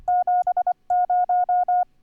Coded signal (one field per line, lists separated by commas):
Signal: Morse code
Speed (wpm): 24 wpm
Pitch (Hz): 720 Hz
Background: none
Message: 70